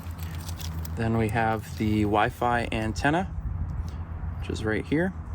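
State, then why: Not seated. A Wi-Fi antenna connector is handled at the port of an aftermarket CarPlay interface module during an installation in an L405 Range Rover, with a few faint handling ticks early on over a low background hum while someone talks. Nothing has seated or clicked in yet when the clip ends.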